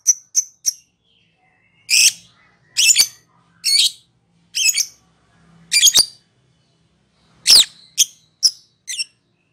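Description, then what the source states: Lovebird giving rasping, shrill squawks, spaced about a second apart, between brief high chirps at the start and end. Lovebird calling in the style called ngekek in Indonesian.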